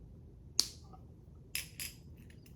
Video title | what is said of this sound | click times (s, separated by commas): Custom Lego Star Wars droids from J’s LT Customs showcase and review | That is so satisfying to hear that sturdy click. | 0.6 s